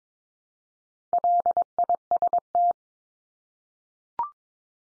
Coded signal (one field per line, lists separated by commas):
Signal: Morse code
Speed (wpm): 22 wpm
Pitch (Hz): 700 Hz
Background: none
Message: LIST